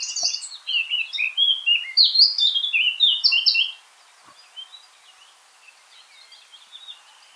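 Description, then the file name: Eurasian blackcap song, a fast chattering warble turning into louder fluty whistled notes for about three and a half seconds, then quiet faint chirps. "Sylvia atricapilla"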